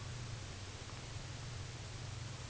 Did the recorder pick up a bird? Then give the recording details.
no. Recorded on Arctic tundra, site UTQI-8, on 11 June 2019. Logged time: 06:00